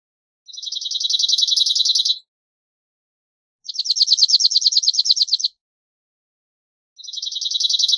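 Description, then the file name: Cirl bunting song: three dry, rapid rattling trills of a single repeated note, each lasting under two seconds, separated by pauses of about one and a half seconds. "Canto do escrevedeira de garganta preta"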